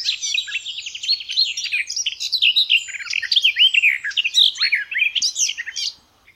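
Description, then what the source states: Garden warbler singing a fast, continuous, rich warble of tumbling notes, ending abruptly into quiet. Recorded May 2020; song.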